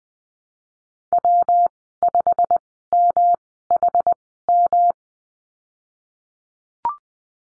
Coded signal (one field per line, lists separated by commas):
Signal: Morse code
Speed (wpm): 20 wpm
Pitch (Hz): 700 Hz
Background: none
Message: W 5 M H M